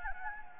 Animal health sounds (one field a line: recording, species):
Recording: mosquito wingbeat signal from an infrared sensor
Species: Anopheles gambiae